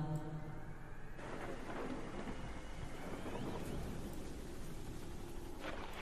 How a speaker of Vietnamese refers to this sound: Mưa càng ngày càng nặng hạt, mưa rơi ào ào xuống mái nhà, đổ xuống đất, nghe như là có ai nhấc cả con thác đặt lên đỉnh nắm mái nhà của Hiao.